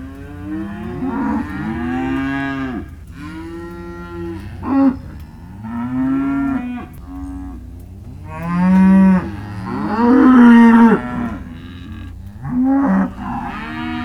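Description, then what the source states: Cows and calves mooing in a steady chorus of arched calls every couple of seconds, with louder bellows around the middle. Cows and calves, several animals, described as disconsolate; recorded in December.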